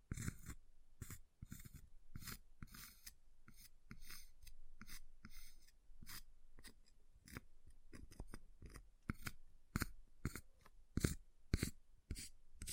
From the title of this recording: Ice Tapping, Scratching, Carving Sounds